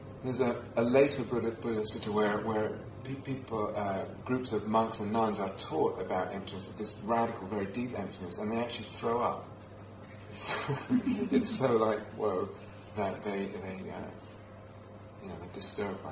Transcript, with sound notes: There's a later Buddhist sutta where people, groups of monks and nuns are taught about emptiness -- this radical, very deep emptiness -- and they actually throw up. [laughter] It's so, like, "Whoa," that they -- you know, they're disturbed by it.